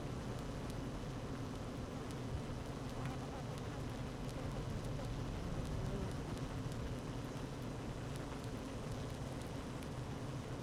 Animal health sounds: honeybee colony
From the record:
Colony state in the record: active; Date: 12 June 2018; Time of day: 12:26

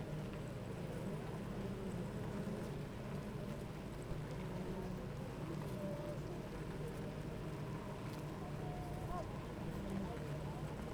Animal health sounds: honeybee colony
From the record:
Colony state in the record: active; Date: 28 July 2017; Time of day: 8:54

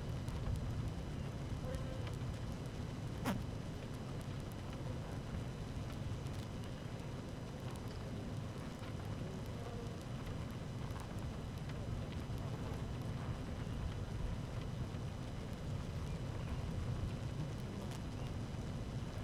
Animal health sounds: honeybee colony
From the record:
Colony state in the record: active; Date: 12 June 2018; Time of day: 13:19

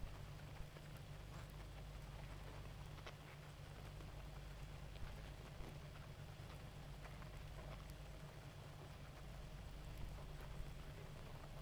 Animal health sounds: honeybee colony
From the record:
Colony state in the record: active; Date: 28 July 2017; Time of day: 2:11

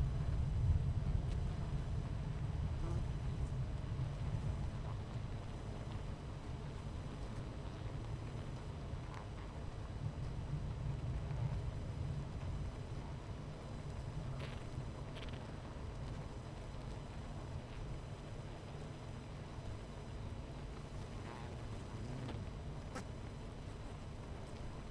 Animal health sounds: honeybee colony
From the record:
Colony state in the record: missing queen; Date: 14 July 2017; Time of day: 11:00

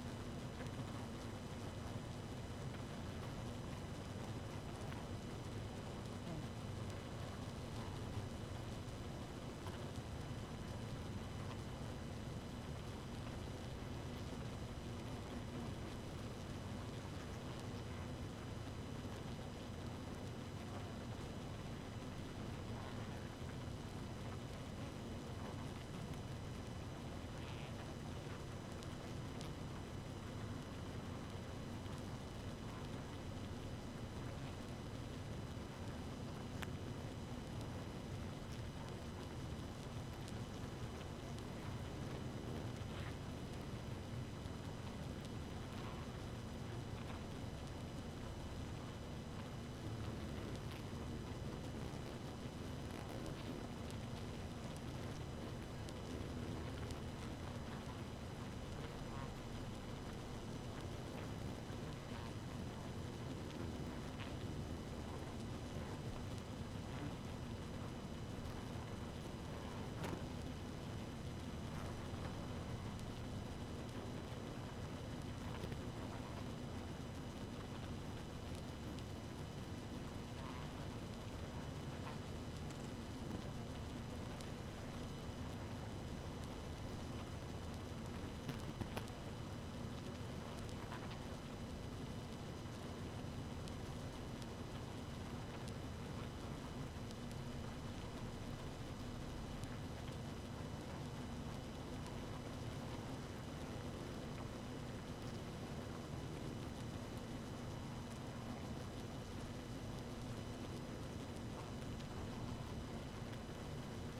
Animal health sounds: honeybee colony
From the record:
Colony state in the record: active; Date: 12 June 2018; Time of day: 2:31

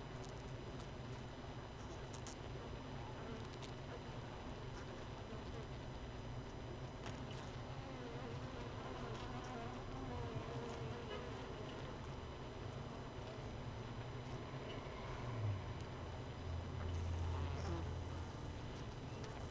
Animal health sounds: honeybee colony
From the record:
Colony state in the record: missing queen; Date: 31 May 2018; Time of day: 18:28

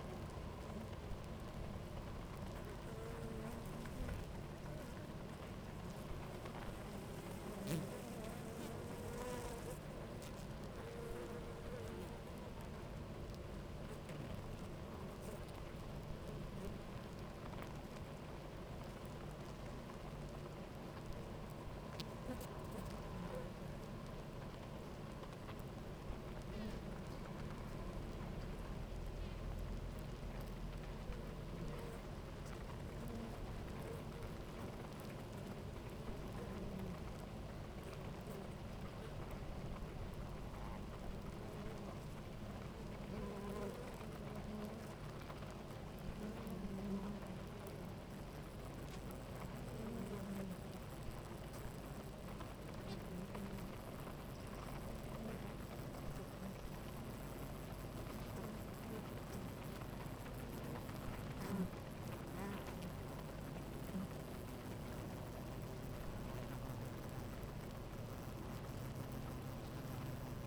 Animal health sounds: honeybee colony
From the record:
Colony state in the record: active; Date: 28 July 2017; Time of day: 11:15

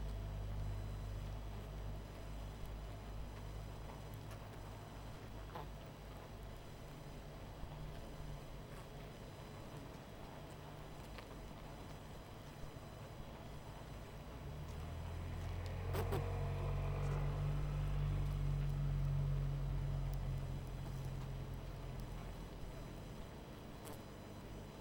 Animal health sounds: honeybee colony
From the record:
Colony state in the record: missing queen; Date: 14 July 2017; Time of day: 20:34

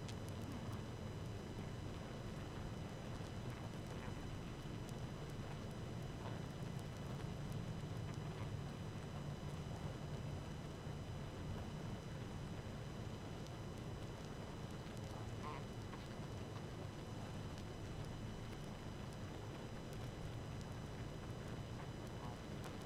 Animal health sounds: honeybee colony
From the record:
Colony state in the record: active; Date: 12 June 2018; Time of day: 18:43

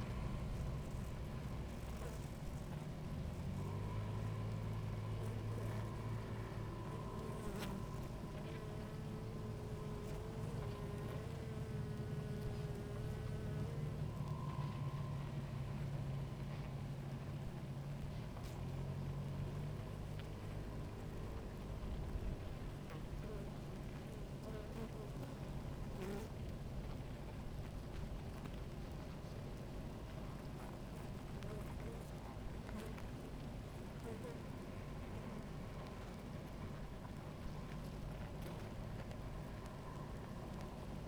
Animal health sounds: honeybee colony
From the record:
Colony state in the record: active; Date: 28 July 2017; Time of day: 17:19

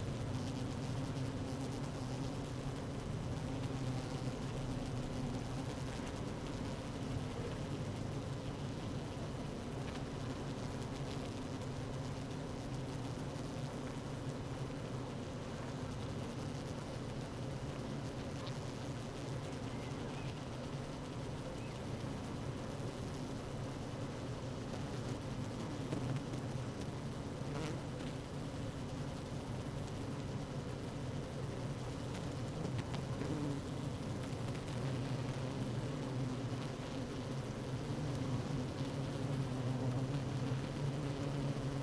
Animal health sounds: honeybee colony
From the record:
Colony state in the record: active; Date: 12 June 2018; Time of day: 15:49

